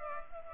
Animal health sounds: mosquito wingbeat signal from an infrared sensor; Culex pipiens

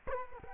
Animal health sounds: mosquito wingbeat signal from an infrared sensor; Culex quinquefasciatus

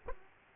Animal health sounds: mosquito wingbeat signal from an infrared sensor; Aedes aegypti

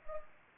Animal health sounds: mosquito wingbeat signal from an infrared sensor; Anopheles arabiensis

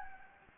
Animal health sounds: mosquito wingbeat signal from an infrared sensor; Anopheles gambiae

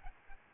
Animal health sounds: mosquito wingbeat signal from an infrared sensor; Aedes albopictus

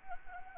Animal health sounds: mosquito wingbeat signal from an infrared sensor; Anopheles gambiae

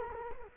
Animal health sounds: mosquito wingbeat signal from an infrared sensor; Culex quinquefasciatus

